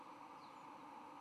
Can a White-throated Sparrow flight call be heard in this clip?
no